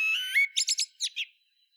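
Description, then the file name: Common blackbird song ending: a drawn-out whistled note followed by a quick series of high squeaky, chattering twitters. "Turdus merula"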